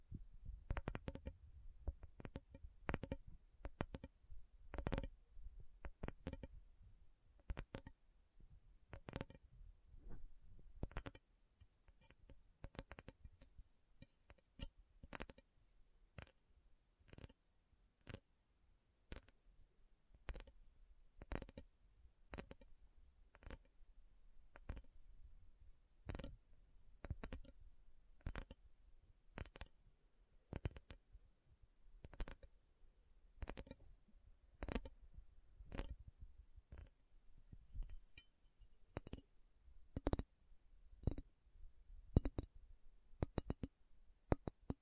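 Slow tapping on metal, sharp clicky strikes repeating roughly every second, some closer together, with a faint low rumble beneath.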